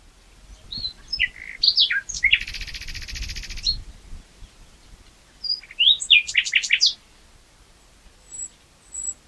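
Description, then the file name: Common nightingale delivering a rich phrase of chirps and a long buzzy trill, a quiet gap, then a tumbling run of sharp varied notes. "Luscinia megarhynchos"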